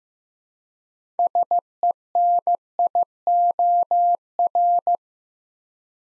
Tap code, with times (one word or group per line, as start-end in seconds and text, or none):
none